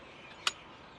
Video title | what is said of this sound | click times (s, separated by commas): How to use backpack of Steadicam | to the operator so you you can heard a click | 0.5 s